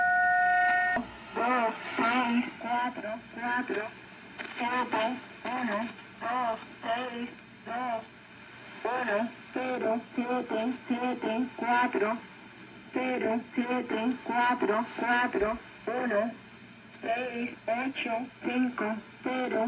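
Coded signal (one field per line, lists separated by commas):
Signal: numbers station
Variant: HM01, Cuban Lady, Spanish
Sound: short steady tone chord, then a synthetic female voice reading evenly spaced numbers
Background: radio static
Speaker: and there you have the shortwave numbers station known as hm01 or the cuban lady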